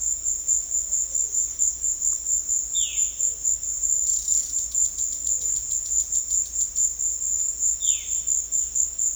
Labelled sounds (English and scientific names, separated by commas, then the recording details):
Violaceous Jay (Cyanocorax violaceus)
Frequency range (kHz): Violaceous Jay (Cyanocorax violaceus) 1.4-4.2 kHz
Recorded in pastures near Puerto Asís, Putumayo, Colombia, on 28 February 2025 at 16:30
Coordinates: 0.502, -76.324
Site GP07